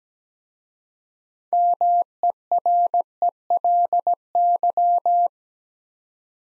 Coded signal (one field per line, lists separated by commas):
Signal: Morse code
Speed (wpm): 17 wpm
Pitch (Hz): 700 Hz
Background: none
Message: MERELY